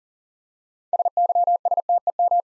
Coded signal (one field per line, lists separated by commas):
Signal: Morse code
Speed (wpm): 39 wpm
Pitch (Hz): 700 Hz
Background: none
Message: SYSTEM